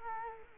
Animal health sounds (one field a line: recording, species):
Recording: mosquito wingbeat signal from an infrared sensor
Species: Culex quinquefasciatus